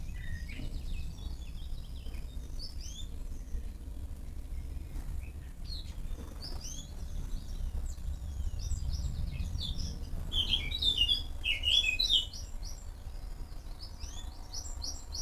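Several kinds of birds call back and forth in a garden in the early morning, with quick chirps and short bright phrases overlapping throughout. The calls grow busiest and loudest around the eleventh to twelfth second. A steady low rumble sits underneath the whole time.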